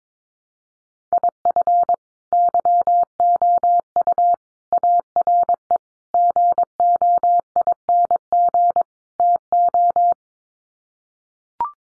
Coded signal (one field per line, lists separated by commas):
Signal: Morse code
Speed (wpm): 22 wpm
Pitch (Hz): 700 Hz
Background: none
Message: IF YOU ARE GOING TO